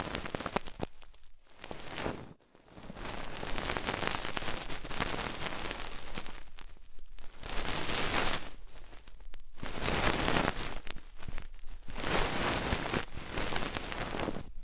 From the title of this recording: Extremely Tingly Ear Exploration